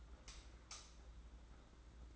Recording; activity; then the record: daily activity, microphone in the room; light off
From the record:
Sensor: 3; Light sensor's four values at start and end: 23/60/24/21 and 16/39/15/14